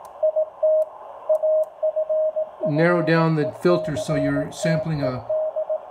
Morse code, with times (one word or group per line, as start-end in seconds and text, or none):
0.2-0.8 IT
1.3-5.8 AFFECTED